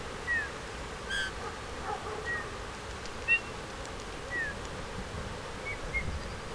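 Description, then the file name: Eurasian bullfinch giving soft, short whistled notes, several falling slightly in pitch, scattered irregularly over steady low background hiss. "Pyrrhula pyrrhula"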